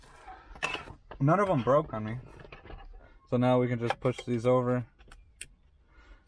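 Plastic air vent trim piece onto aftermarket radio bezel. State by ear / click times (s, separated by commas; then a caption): seated / 5.1 s, 5.4 s. A plastic air-vent trim piece is pushed over onto the plastic bezel of an aftermarket radio in a Toyota Tacoma. Someone talks, and after the speech ends two sharp, short clicks are heard at 5.1 s and 5.4 s. The piece snaps right on and is seated.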